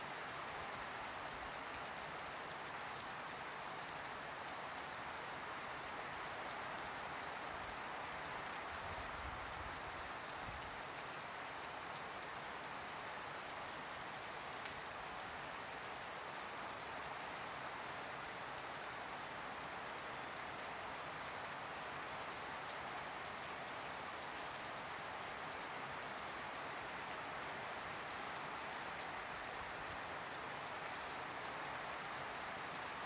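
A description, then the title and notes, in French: Rain falls steadily in the Amazon, a dense, even hiss of countless drops that holds level for the full half minute. The sound sits mostly in the upper range, with a brief low rumble near ten seconds and no distinct frog calls standing out. Immersion sous la pluie amazonienne. Enregistrement fait par mes soins en Amérique du Sud.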